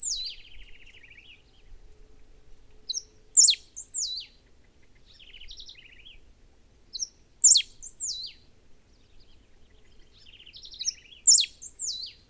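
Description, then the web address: Serin song in separate high-pitched bursts of squeaky swept notes and buzzy trills, returning roughly every four seconds; background otherwise hushed. "Serra finch. صدای-پرنده-سهره-سرا"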